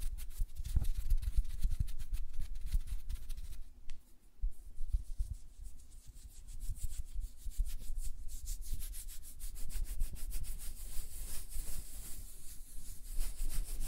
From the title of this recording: Tapping on Nails, Finger Fluttering, Hand Sounds